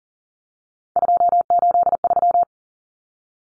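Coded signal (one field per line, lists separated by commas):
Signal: Morse code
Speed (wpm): 37 wpm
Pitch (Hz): 700 Hz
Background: none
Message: 283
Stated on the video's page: Common three-digit cut numbers (T, A, N for 0, 1, 9) sent in Morse at 40wpm, each sent, spoken, then sent again for head-copy practice.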